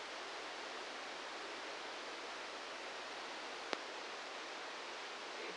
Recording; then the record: brain microelectrode recording played as sound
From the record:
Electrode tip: outside the subthalamic nucleus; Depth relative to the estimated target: 1 mm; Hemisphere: right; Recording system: NeuroSet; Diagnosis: Parkinson's disease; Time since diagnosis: 8 years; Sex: male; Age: 58 years